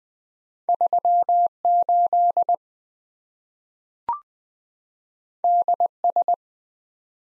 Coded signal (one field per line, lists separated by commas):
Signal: Morse code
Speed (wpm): 20 wpm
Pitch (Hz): 700 Hz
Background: none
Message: 38 DS